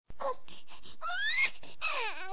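Short choppy vocal bursts lead into a high, wailing baby cry whose pitch rises and then slides down, with a second rising-falling wail at the end. It is the typical sound of a crying infant.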